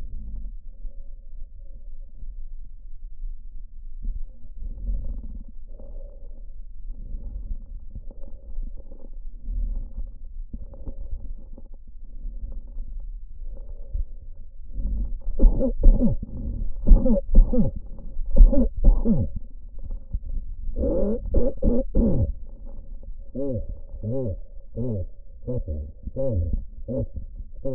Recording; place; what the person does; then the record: lung sounds by stethoscope; trachea; quiet breathing, then cough and speech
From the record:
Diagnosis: COPD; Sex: male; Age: 70 years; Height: 170 cm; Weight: 74 kg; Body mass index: 25.6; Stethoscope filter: diaphragm mode